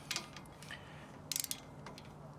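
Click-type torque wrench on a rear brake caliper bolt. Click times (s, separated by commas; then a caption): 1.3 s. A click-type torque wrench set to 27 tightens a caliper bolt on the rear brake of a 2010–2014 Ford Mustang, with a few ratcheting clicks early on. A sharp click at 1.3 s, followed by a quick cluster of clicks, shows the wrench has reached its set torque.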